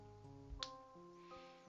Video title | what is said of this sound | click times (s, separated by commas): Building HG Zowort, then Blade and Sorcery after~! 1/9/2025 | Oof, that was a much more satisfying snap. | 0.6 s